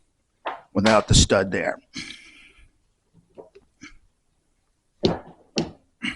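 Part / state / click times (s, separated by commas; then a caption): clutch component into motorcycle clutch assembly / seated / 5.0 s, 5.6 s. Someone talks while a metal clutch component is pushed into a motorcycle clutch assembly with a stud backed out. Two sharp, loud metallic hits at 5.1 s and 5.6 s mark the part snapping into place, and it is seated.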